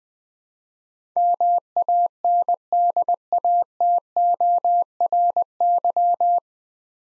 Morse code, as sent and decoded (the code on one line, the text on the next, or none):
-- .- -. -.. .- - --- .-. -.--
MANDATORY